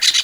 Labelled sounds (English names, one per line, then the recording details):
Brown-throated Parakeet contact call
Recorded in Venezuela
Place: Guárico; Corozopando; Fundo La Fe
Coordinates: 8.506, -67.593